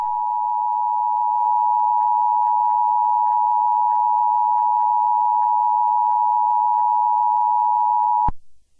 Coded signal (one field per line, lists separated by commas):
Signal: Emergency Alert System (SAME) tones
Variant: 853 and 960 Hz attention tone